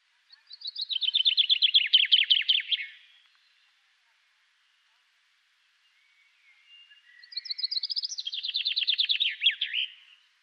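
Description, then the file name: Common chaffinch delivers two songs a few seconds apart, each a quickening run of bright notes tumbling into a falling trill with a terminal flourish. "Fringilla coelebs"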